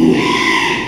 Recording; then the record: squeal of a Yucatan mini pig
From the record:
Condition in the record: after surgery on the right vocal fold (resection and tissue-engineered implant); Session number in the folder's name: 1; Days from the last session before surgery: 6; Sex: male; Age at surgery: 12 weeks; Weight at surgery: 13 kg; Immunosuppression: cyclosporine, prednisolone